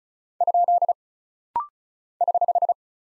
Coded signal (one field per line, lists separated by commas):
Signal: Morse code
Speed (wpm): 36 wpm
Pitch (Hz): 700 Hz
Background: none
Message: ? <HH>